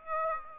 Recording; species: mosquito wingbeat signal from an infrared sensor; Aedes aegypti